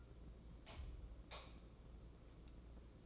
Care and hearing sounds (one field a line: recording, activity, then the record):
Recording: daily activity, microphone in the room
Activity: light off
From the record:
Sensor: 1